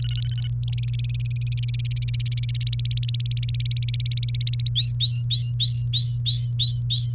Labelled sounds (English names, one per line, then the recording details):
Domestic Canary song
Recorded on 29 April 2018 at 09:01
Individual llb3